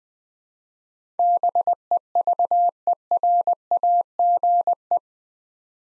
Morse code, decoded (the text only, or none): BEVERAGE